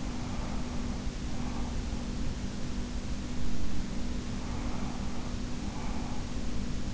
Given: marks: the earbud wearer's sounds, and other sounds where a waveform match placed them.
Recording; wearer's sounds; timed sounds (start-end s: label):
sounds in sleep by an in-ear microphone; breath
0.00-1.95 s: breath
4.17-6.33 s: breath